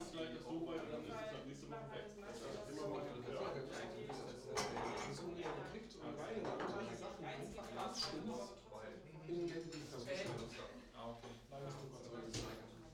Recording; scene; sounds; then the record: everyday scene through a hearing-aid microphone; many people talking; many voices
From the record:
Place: bistro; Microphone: in the ear canal, right